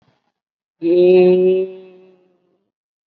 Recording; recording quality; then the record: sustained vowel as in made; excellent, no background noise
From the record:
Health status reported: COVID-19 positive, moderate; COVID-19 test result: positive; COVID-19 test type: RT-PCR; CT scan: not taken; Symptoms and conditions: cough, fatigue, muscle pain, pneumonia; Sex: female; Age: 68 years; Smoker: no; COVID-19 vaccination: none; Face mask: worn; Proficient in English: no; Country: India